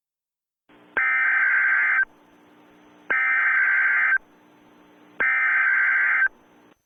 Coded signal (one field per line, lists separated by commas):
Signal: Emergency Alert System (SAME) tones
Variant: header bursts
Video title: SCP X (+ Deejay Greg) (EAS Scenario)